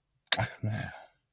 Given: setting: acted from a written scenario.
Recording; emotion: vocal sound without words; disappointment